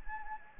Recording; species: mosquito wingbeat signal from an infrared sensor; Anopheles gambiae